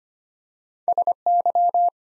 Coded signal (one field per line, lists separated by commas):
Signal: Morse code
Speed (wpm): 25 wpm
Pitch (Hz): 700 Hz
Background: none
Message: SY